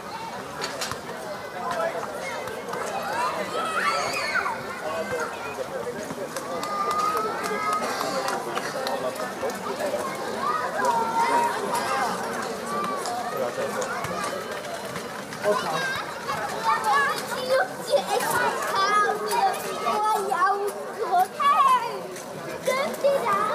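A summer evening in Berlin, filled with a steady crowd of overlapping voices talking and calling out, with children audibly among them. The chatter stays dense throughout, and in the last third short bright chirps and sharper shouts break through more often.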